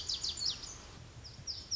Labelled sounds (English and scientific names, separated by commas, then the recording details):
Lazuli Bunting (Passerina amoena)
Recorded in Sonoma County, California